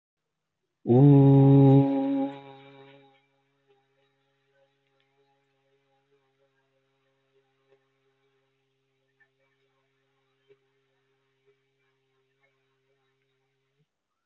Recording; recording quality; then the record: sustained vowel as in boot; excellent, no background noise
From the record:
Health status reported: healthy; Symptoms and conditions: none ticked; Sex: male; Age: 24 years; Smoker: not ticked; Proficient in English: yes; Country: India